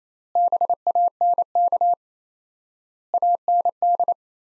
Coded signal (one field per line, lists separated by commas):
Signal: Morse code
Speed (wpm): 28 wpm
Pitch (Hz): 700 Hz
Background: none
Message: BANK AND